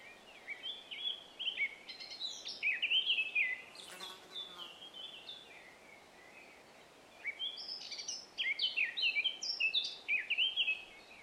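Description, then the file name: Eurasian blackcap song in two bursts of rapid, varied warbling with quick high notes, separated by a short pause, against a low constant hiss. "Sylvia atricapilla"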